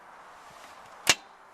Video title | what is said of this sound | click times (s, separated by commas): 2010 Mitsubishi Pajero Exceed video Walkaround by Berwick Mitsubishi | pull it back until it clicks | 1.1 s